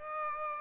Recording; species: mosquito wingbeat signal from an infrared sensor; Aedes aegypti